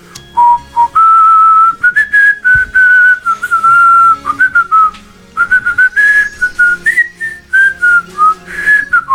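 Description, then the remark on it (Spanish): A person whistles a wavering, fairly high melody almost without pause for several seconds, the tone sliding up and down with only brief breaks, as if whistling on both the inhale and exhale. “que sabe silbar mucho tiempo, porque silba para adentro y para afuera, ¿no?”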